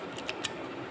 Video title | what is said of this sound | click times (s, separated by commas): inhaler use - lupihaler use #asthma #respiratory | two times you get a click some | 0.3 s, 0.5 s